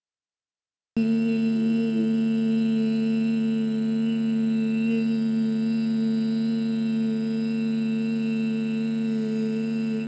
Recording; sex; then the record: sustained vowel /i/; female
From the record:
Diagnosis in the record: healthy control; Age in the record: 62 years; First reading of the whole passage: 101 s, 4.7 characters per second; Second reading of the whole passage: 77 s, 5.9 characters per second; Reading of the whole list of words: 66 s, 3.9 characters per second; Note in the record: marked for poor recording quality or reading difficulty